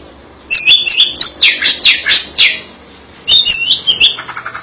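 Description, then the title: Greater green leafbird song: a rapid run of sharp, chirping whistled notes, then a pause and another quick burst of bright, slurred phrases. "cck IJO"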